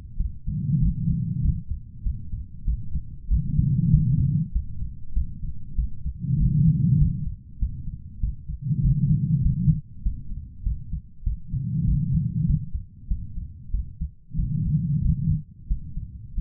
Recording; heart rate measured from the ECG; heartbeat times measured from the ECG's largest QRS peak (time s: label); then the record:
heart sounds by stethoscope; 96 bpm
0.17 s: heartbeat
0.79 s: heartbeat
1.41 s: heartbeat
2.03 s: heartbeat
2.65 s: heartbeat
3.28 s: heartbeat
3.90 s: heartbeat
4.52 s: heartbeat
5.13 s: heartbeat
5.75 s: heartbeat
6.37 s: heartbeat
6.98 s: heartbeat
7.59 s: heartbeat
8.20 s: heartbeat
8.81 s: heartbeat
9.41 s: heartbeat
10.02 s: heartbeat
10.63 s: heartbeat
11.23 s: heartbeat
11.84 s: heartbeat
12.46 s: heartbeat
13.07 s: heartbeat
13.70 s: heartbeat
14.35 s: heartbeat
15.01 s: heartbeat
15.67 s: heartbeat
16.34 s: heartbeat
From the record:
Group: healthy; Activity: rest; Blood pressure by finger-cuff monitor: 143/76 mmHg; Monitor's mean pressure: 101 mmHg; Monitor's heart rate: 97 bpm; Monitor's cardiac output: 9.2 L/min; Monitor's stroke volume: 93 mL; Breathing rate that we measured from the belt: 21 breaths a minute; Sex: female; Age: 32 years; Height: 172 cm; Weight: 71.7 kg